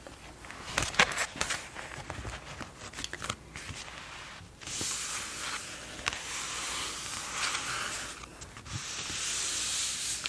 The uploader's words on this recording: Featuring page turning, tracing, reading, and delicious holiday baked good recipes.